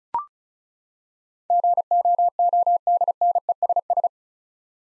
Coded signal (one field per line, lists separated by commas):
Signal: Morse code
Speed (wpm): 36 wpm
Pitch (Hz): 700 Hz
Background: none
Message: GOODNESS